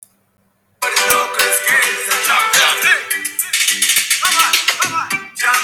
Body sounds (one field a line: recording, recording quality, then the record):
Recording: counting at a normal pace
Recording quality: poor, much background noise or distortion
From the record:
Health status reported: COVID-19 positive, no symptoms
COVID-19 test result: positive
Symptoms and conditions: breathing difficulty, diarrhoea, asthma, chronic lung disease, diabetes, ischaemic heart disease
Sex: other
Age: 77 years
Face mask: not worn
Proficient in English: yes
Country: France